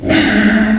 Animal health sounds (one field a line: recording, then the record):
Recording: squeal of a Yucatan mini pig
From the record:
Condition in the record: after surgery on the right vocal fold (resection and tissue-engineered implant)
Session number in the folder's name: 1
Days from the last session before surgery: 13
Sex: female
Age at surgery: 19 weeks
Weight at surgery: 25 kg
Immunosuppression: prednisolone